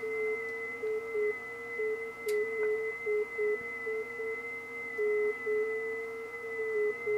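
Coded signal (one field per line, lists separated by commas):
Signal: FT8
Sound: a steady low warbling tone with subtle pitch steps, over faint constant whistles and hiss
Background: radio static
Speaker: ft 8 sounds like this on the radio I'll turn it up hissing here [Music] there you go so I'll turn that back down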